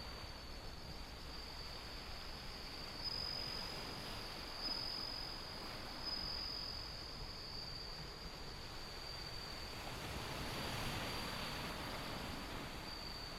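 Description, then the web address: Bell cricket song: three clear high ringing bursts over a faint steady tone, with strong wind and surf rumbling throughout. Windy, with ocean sound. "windy scape osean sound suzumushi"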